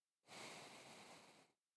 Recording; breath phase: one breath near a microphone; exhalation